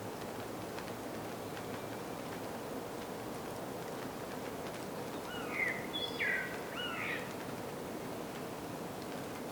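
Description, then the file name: Common blackbird song: one brief warbled, fluty phrase of three linked notes, with faint clicking sounds and steady noise throughout. "Turdus merula"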